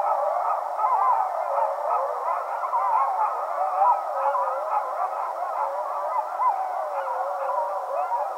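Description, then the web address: Coyotes howling and yipping as one continuous tangle of warbling, bending high notes, steady and loud from start to finish. Several coyotes; recorded 15 February 2012. "Coyote 2012 02 15 Coyotes"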